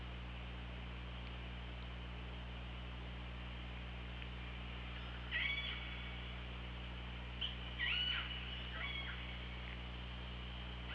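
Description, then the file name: Orca calls, a few short upswept and pulsed squeals in steady hiss and low hum. OrcaLab hydrophone, 24 August 2017, about 18:54. "Orca Lab UTLN JASON 20170824 185424 ORCALABDYNI"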